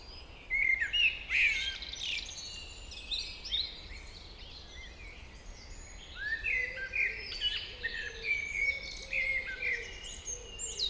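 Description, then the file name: Common blackbird singing two fluty warbled phrases with squeaky high flourishes, separated by a pause, with a faint low steady tone behind. "Turdus merula"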